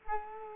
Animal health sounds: mosquito wingbeat signal from an infrared sensor; Culex quinquefasciatus

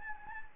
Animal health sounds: mosquito wingbeat signal from an infrared sensor; Anopheles gambiae

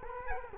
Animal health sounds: mosquito wingbeat signal from an infrared sensor; Culex quinquefasciatus

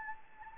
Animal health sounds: mosquito wingbeat signal from an infrared sensor; Anopheles gambiae

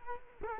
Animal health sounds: mosquito wingbeat signal from an infrared sensor; Culex quinquefasciatus

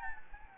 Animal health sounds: mosquito wingbeat signal from an infrared sensor; Anopheles gambiae

